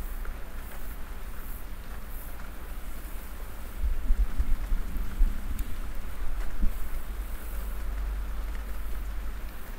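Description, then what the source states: Domestic cat purring in a low rumble, with brief louder thumps in the middle. Real purring from a cat while snuggling, ASMR.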